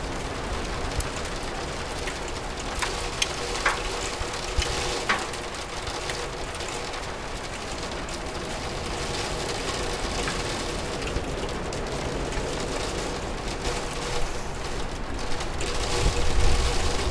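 Rain patters steadily against a window, a dense, even hiss of fine drops with occasional sharper ticks and taps scattered through. A low rumble sits underneath throughout, and the sound grows slightly fuller near the end.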